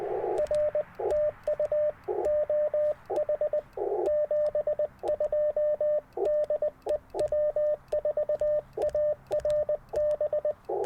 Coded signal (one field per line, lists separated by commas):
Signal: Morse code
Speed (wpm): 20 wpm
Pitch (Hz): 600 Hz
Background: radio noise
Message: R TU OH 72 DE W4ARB